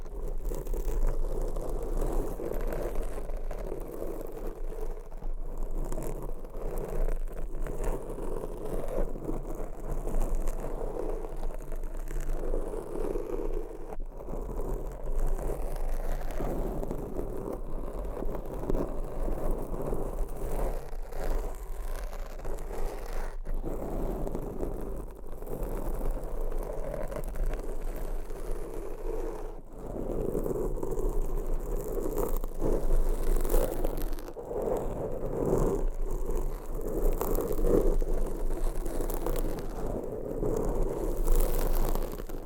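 Scratching on a microphone with nails and covers: a dense, continuous rasping scrape that rarely lets up. The texture is rough and mostly low-to-mid, swelling and thinning in waves, with brief dropouts near 14, 23, 29 and 34 seconds and a low steady hum underneath.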